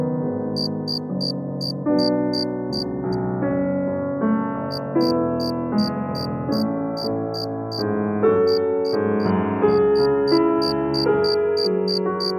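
Soft, sustained piano chords drift under a regular, bright cricket chirp pulsing about twice a second, pausing briefly around the four-second mark.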